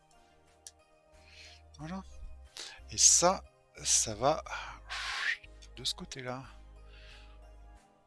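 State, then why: Not seated. A small Lego clip piece is handled against a plate of a Lego Star Wars Millennium Falcon model, with a brief sharp tap near 0.7 s, while someone talks over a steady low background tone. The piece has not seated or clicked into place yet.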